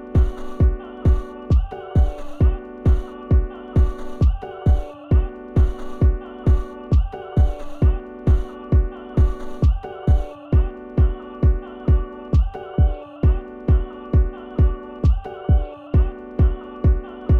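Steady, deep heartbeat thumps repeat at about 133 per minute with a very even rhythm, over a sustained tonal hum in the background. It sounds like a produced heartbeat sound effect rather than a stethoscope recording.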